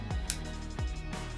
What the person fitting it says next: you twist till you hear the click, and that's in.